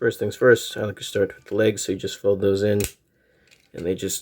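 Someone talks while handling a Transformers Legacy Deluxe Elita-1 toy robot figure, beginning its transformation by folding the plastic legs inward toward the body. Speech fills most of the clip, with a quiet gap near the end before talking resumes. Nothing has seated or clicked yet; the legs are not yet clicked into place.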